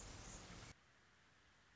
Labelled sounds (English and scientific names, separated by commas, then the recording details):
Anna's Hummingbird (Calypte anna)
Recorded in Sonoma County, California